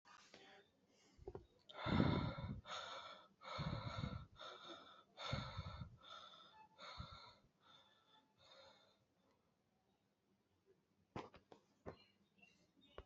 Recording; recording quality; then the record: shallow breathing; excellent, no background noise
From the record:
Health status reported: healthy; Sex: male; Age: 22 years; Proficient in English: no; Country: India